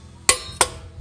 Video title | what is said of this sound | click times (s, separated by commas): Changing Brake Pads | once you set it hit it when you pull you'll hear it click and that's | 0.3 s